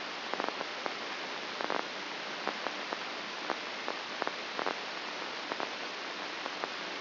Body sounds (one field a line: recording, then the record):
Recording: brain microelectrode recording played as sound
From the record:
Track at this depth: inside the subthalamic nucleus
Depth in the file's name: 5.629 mm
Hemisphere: left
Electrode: 2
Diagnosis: Parkinson's disease